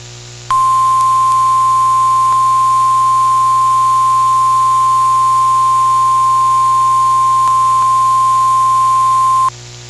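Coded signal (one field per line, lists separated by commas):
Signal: Emergency Alert System (SAME) tones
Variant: 1050 Hz attention tone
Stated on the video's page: Winter storm warning alert tones from a NOAA weather radio station, received over the air with an SDR.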